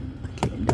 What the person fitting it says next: Okay, dah bunyi klik.